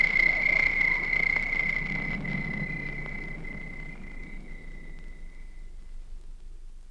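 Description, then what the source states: Crickets chirping in a high, steady trill that gradually fades, with a low rumbling background. Recorded at night.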